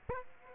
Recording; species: mosquito wingbeat signal from an infrared sensor; Aedes aegypti